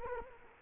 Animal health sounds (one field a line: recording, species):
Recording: mosquito wingbeat signal from an infrared sensor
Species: Culex quinquefasciatus